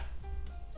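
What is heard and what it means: An Xbox controller fitted with a rechargeable battery is being handled above a plastic quick-charge stand while music plays in the background, with a soft bump near 0.5 s. Nothing has seated or clicked yet; the controller is not yet home on the stand.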